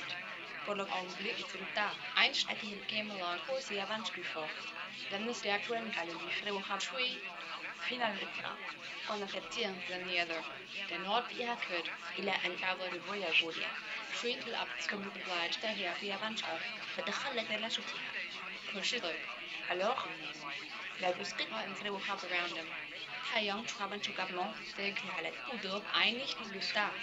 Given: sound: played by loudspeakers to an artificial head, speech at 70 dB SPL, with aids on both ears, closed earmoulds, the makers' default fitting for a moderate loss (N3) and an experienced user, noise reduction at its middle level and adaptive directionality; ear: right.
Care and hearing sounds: speech test signal (ISTS) in cocktail-party noise; +3 dB; in front (0 degrees)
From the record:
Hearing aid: class 1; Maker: F

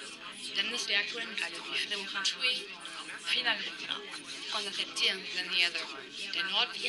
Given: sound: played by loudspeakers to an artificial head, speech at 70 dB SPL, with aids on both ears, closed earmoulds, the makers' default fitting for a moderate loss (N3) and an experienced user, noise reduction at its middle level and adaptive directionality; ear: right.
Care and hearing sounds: speech test signal (ISTS) in cocktail-party noise; -3 dB; on the right (90 degrees)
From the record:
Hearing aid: class 2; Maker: B

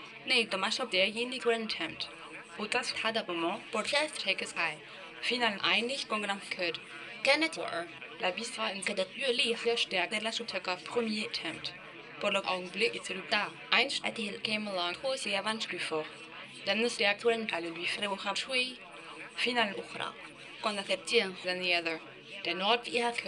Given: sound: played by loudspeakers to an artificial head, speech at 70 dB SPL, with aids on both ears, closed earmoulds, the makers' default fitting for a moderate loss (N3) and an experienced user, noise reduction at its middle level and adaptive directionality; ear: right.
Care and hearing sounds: speech test signal (ISTS) in cocktail-party noise; +9 dB; on the right (90 degrees)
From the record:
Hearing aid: class 2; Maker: C

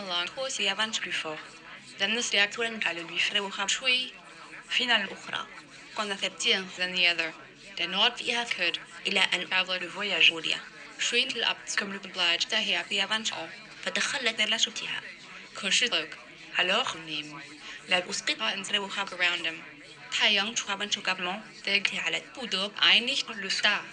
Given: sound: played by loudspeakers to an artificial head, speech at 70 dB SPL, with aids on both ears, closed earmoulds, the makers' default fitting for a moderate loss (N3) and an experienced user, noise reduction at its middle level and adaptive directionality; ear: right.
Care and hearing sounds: speech test signal (ISTS) in cocktail-party noise; +9 dB; on the right (90 degrees)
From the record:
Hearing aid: class 2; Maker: G

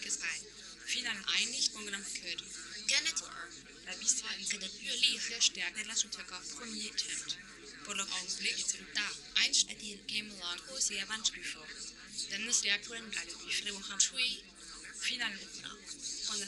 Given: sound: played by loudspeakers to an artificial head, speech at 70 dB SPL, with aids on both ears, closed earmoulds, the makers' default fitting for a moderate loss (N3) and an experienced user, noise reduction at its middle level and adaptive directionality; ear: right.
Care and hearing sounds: speech test signal (ISTS) in cocktail-party noise; 0 dB; on the right (90 degrees)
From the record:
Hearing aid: class 1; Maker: H

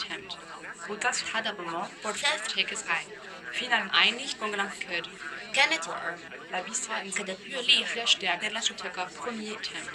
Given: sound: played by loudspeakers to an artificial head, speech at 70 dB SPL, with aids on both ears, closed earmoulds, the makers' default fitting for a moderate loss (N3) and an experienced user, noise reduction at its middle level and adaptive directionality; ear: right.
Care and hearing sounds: speech test signal (ISTS) in cocktail-party noise; +3 dB; in front (0 degrees)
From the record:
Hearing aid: class 2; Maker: E

